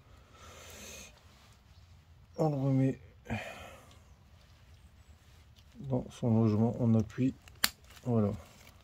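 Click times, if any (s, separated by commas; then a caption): none. During a swap of both unit injectors on a Polo TDI 130 diesel engine, a small part is put back into its housing on the injector and pressed in by hand. Someone talks throughout, with a few faint handling taps. The clip ends just before the part goes home, so nothing has seated or clicked yet.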